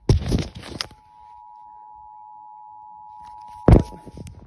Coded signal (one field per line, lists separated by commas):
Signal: Emergency Alert System (SAME) tones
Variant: 853 and 960 Hz attention tone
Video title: Eas #187 severe thunderstorm warning and tv